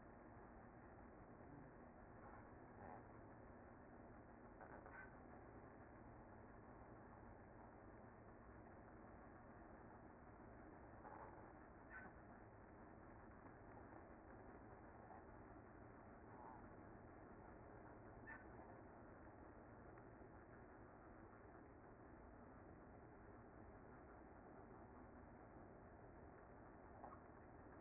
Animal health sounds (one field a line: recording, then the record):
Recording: honeybee colony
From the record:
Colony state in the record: active